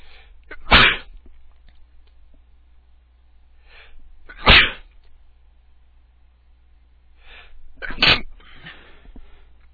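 An adult male gives three sharp, hissing sneeze bursts, roughly every three and a half seconds, each after a brief inward breath. They sound partly held back, an attempt to stifle the sneezes.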